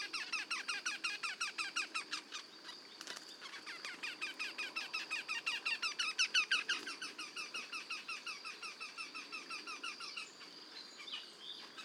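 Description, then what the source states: Eurasian wryneck duet, loud ringing nasal notes repeated about three times a second for ten seconds, then trailing off into quieter scattered calls. Two birds calling together as a duet.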